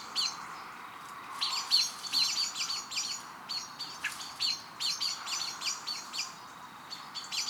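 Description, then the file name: Eurasian blackbird giving a string of sharp, high, clicking chinks, about two or three per second, uneven in spacing, with a faint steady hiss beneath. "Turdus merula"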